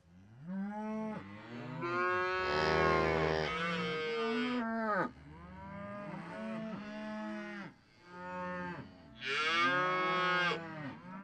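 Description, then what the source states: Cows mooing, several drawn-out harmonic lows that swell, break off and resume, one rising sharply near the end, with loud breathy overtones throughout. Cows breathing on the microphone.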